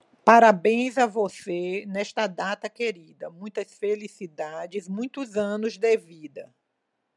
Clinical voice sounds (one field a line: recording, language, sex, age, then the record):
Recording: short text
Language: Brazilian Portuguese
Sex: female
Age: 50 to 59 years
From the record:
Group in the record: control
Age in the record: 59 years